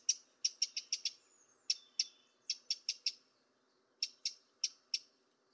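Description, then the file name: Eurasian wren calls, sharp high ticking notes in quick clusters of a few to several, separated by short pauses, against a quiet background. "Troglodytes troglodytes"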